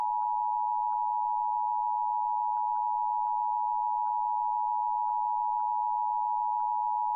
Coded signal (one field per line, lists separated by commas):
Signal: Emergency Alert System (SAME) tones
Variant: 853 and 960 Hz attention tone